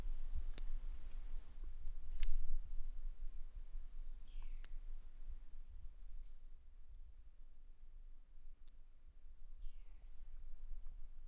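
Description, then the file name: Hermogenes' toadlet call: a few single high, brief chirp notes at irregular intervals, with faint low rumbling background. Individual 03, recorded at Boraceia on 30 March 2019. "MHNCI Brachy hermogenesi ind 03 Boraceia 30 marco 2019 MRB"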